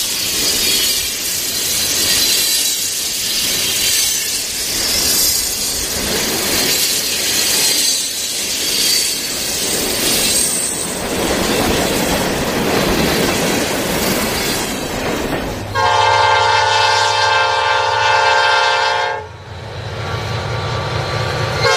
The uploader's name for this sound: Train On Tracks